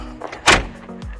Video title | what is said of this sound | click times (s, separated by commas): My 2019 Chevy Silverado custom overland build | push down and it locks in place | 0.2 s